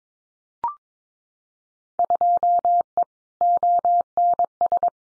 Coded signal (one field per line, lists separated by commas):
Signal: Morse code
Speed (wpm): 22 wpm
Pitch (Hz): 700 Hz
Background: none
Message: 2E ONS